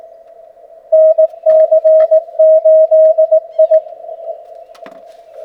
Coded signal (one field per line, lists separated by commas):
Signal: Morse code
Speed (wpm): 18 wpm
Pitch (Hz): 630 Hz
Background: radio noise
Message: NC8I